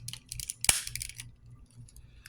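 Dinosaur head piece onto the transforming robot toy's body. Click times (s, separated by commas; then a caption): 0.7 s. The plastic dinosaur head of a transforming robot toy is folded back over the robot's head and pushed down onto its body, with light plastic ticks and rattles of handling. A sharp, bright snap at 0.7 s marks the head snapping into place, followed by a few faint clicks over a low hum.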